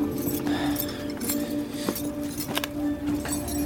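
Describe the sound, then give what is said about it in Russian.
Keys jangle and clink in a few short, bright metallic bursts spread unevenly over a few seconds as they are taken off a post, heard over a steady low hum with no voices. “Фидул снимает ключи со столба.”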